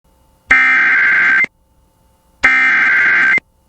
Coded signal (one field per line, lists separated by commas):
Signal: Emergency Alert System (SAME) tones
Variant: header bursts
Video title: (EAS #31) Central California FLASH FLOOD WARNING